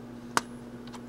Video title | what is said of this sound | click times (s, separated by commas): Install additional RAM / Memory in Sony Vaio T250 Laptop | you heard that click | 0.4 s